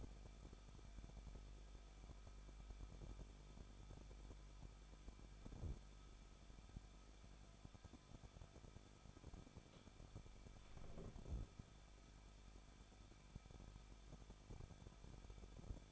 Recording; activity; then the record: daily activity, microphone in the room; no activity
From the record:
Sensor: 5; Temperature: 20.9 degrees Celsius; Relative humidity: 38.2%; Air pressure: 1006.4 hPa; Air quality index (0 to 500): 188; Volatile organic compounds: 18 ppm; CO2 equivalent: 2636 ppm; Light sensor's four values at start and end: 2/3/1/1 and 2/3/1/1